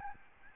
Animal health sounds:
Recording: mosquito wingbeat signal from an infrared sensor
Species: Aedes albopictus

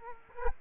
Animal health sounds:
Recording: mosquito wingbeat signal from an infrared sensor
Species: Culex quinquefasciatus

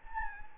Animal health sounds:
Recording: mosquito wingbeat signal from an infrared sensor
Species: Anopheles gambiae

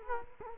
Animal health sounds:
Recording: mosquito wingbeat signal from an infrared sensor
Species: Culex quinquefasciatus

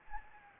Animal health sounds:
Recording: mosquito wingbeat signal from an infrared sensor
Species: Anopheles gambiae

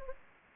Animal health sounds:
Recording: mosquito wingbeat signal from an infrared sensor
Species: Anopheles gambiae

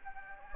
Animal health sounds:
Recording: mosquito wingbeat signal from an infrared sensor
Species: Anopheles gambiae

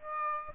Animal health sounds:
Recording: mosquito wingbeat signal from an infrared sensor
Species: Aedes aegypti

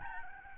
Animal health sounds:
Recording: mosquito wingbeat signal from an infrared sensor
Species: Aedes albopictus

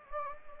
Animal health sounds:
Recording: mosquito wingbeat signal from an infrared sensor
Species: Anopheles gambiae

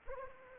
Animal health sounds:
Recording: mosquito wingbeat signal from an infrared sensor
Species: Anopheles arabiensis

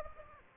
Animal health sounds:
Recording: mosquito wingbeat signal from an infrared sensor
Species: Aedes aegypti

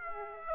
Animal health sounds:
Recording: mosquito wingbeat signal from an infrared sensor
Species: Aedes aegypti

